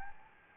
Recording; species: mosquito wingbeat signal from an infrared sensor; Anopheles gambiae